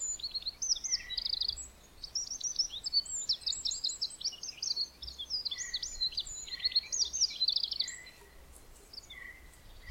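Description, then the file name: Eurasian wren giving fast, high, metallic trilled phrases almost continuously. "Troglodytes troglodytes"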